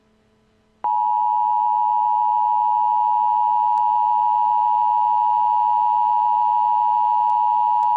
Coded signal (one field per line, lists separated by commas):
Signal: Emergency Alert System (SAME) tones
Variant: 853 and 960 Hz attention tone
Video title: Blizzard Warning: Boston (2/7/13)